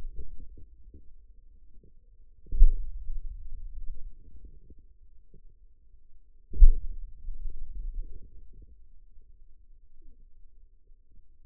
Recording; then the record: forearm muscle sounds (acoustic myography)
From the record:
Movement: hand opening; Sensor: system 2, bracelet of six BSWA MPA416 microphones around the upper forearm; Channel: 3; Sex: male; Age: 22 years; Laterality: right